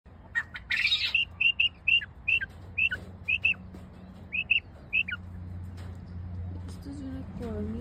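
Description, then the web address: Quail calling: a quick run of about a dozen short, clear whistled notes, each rising and falling, over a steady low hum. Recorded at Orotina. "orotina codorniz"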